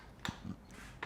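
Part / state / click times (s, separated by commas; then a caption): folding stem latch on scooter deck hinge / not seated / none. The folded handlebar stem of a Yadea Elite Prime electric scooter is raised toward upright by its metal folding latch on the deck hinge, giving sharp handling ticks at about 0.3 s and 1.0 s with a softer rustle near 0.7 s. Nothing has seated or clicked into place yet.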